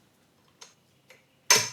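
The second folding metal leg of a Wahoo KICKR bike trainer is swung open on the other side of the frame, giving light ticks at about 0.6 and 1.1 seconds. A loud snap at 1.5 seconds marks the leg locking open and seating into place, leaving the trainer ready to go.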